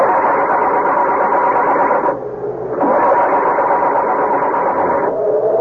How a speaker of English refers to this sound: The car has crashed into a tree. Muttering a silent, heartfelt prayer, he tries to start it.